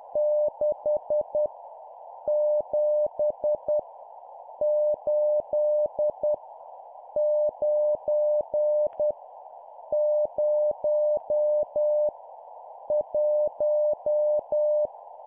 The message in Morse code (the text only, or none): 6 7 8 9 0 1